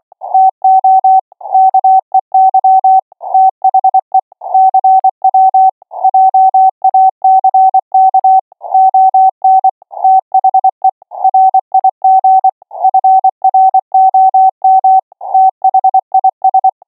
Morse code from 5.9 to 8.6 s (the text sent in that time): JACK